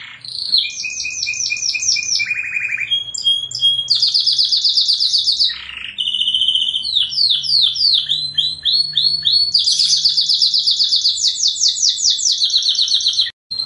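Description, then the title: Canary singing a long, unbroken medley of fast trills and rattling tours, changing phrase every second or so. Champion songbird. "Kicau Burung Kenari Juara"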